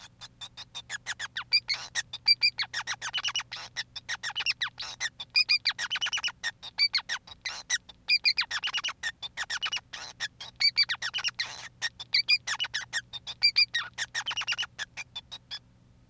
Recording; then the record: song of a male Bengalese finch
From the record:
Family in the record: son of father 5